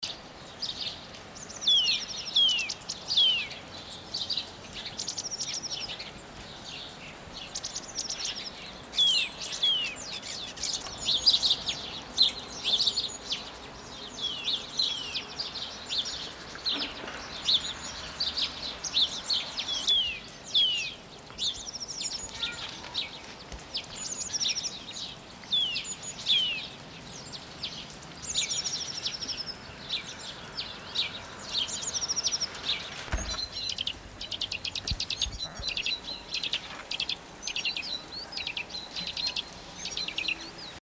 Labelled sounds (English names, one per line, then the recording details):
House Sparrow song
Common Blackbird
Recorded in the wild
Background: Turdus merula
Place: Oberstdorf, Bayern, DE
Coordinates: 47.4436, 10.2944
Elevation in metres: 849
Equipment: Uher 4000 Report
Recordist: Tretzel, Erwin
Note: Reichenbach bei Oberstdorf 1978: Spatzenschilpen